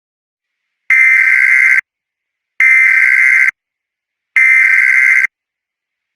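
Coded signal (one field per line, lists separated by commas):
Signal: Emergency Alert System (SAME) tones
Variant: header bursts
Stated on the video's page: Fictional EAS scenario on a Verizon FiOS screen, a recreation.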